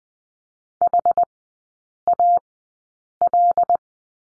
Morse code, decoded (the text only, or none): HAL